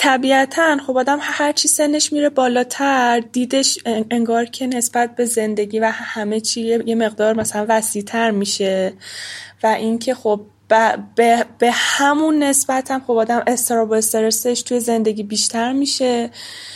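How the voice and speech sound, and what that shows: Mostly smooth Persian speech from an adult woman who has stuttered since age 2–3, after a fright from a cat. A short syllable is repeated three times and stretched between repeats, a word is restarted, and filler words surround the hesitation. Her stuttering has worsened with age and is worse than ever here. She uses fillers and swaps words to avoid getting stuck.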